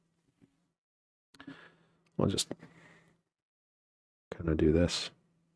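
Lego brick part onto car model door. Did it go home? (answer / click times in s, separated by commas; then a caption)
no / none. Someone talks while handling a plastic Lego door piece, working it toward the top of the door on a Lego DeLorean car model, with brief handling taps around 1.4 s. The piece has not yet seated or clicked into place.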